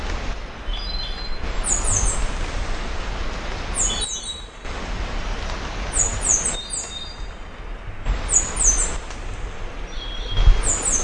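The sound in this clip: Olive finch song: very high, thin descending whistled notes in short phrases, repeated about every two seconds over steady low rumbling background noise.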